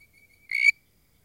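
Treefrog giving a single short nasal, harmonic-rich note after a faint steady tone, then quiet.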